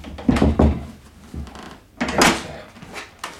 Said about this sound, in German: Das Schloss scheint verrostet zu sein. Ja, warte mal, vielleicht klemmt die Tür. Ich heb sie mal was an.